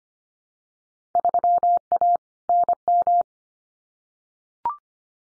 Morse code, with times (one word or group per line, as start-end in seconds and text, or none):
1.1-2.2 3A
2.5-3.2 NM